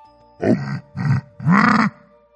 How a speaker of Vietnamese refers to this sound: Lục Túc Đao Trì bất mãn gầm khẽ một tiếng